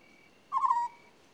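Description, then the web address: African scops owl uttering a single quick, rolling purr with a thin high tone running softly behind it. "BBC Sound Effects Library. African Scops Owl"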